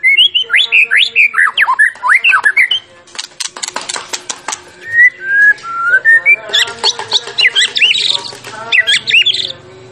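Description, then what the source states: White-rumped shama song: rich, varied whistled phrases with quick up-and-down sweeps, a pause of sharp clicks midway, then more looping whistles; a steady low hum underneath. Champion bird; masteran (training) recording.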